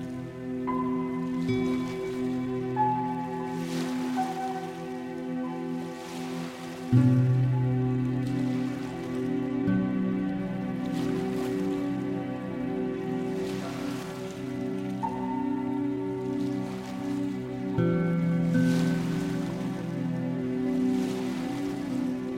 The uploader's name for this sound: Peaceful Music with Nature Sounds: Ocean Wave, Rain, Brook, Waterscapes